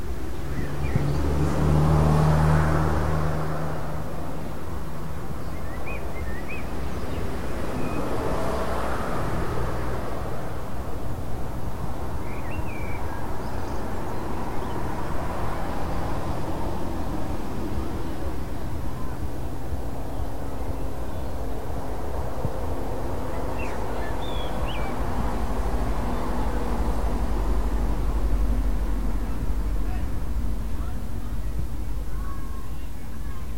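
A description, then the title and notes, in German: Outside a house by a sports field, a steady low traffic rumble swells as cars pass every several seconds, with faint occasional bird chirps. Fuerth/Das Haus vor dem Sportplatz.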